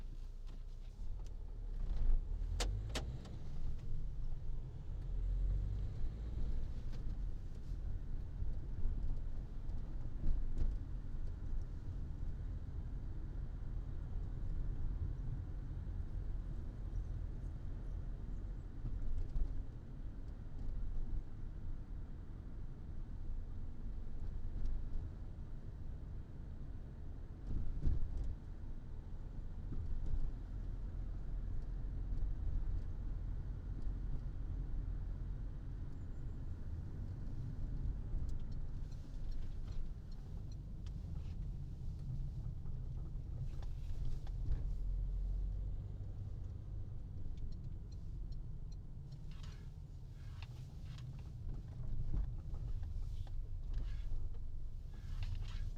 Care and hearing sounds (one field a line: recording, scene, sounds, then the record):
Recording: everyday scene through a hearing-aid microphone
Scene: in a vehicle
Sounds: engine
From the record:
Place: Berlingo II, diesel engine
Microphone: in the ear canal, right